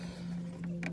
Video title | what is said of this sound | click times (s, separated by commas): 10th Gen Honda Civic Aftermarket Grill Install Bumper Cover Removal Full How To & Sagging Grill Fix | you should hear a pop or a cloak and if you do it right this is hard to deal with one hand but | 0.9 s